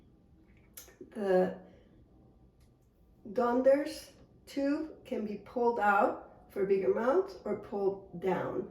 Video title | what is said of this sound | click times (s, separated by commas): Forwardontics Up-locker measurement tutorial FAQ1 | so we are going to put it through that space and make sure it clicks in so there is no losing any air anywhere in the device | 0.8 s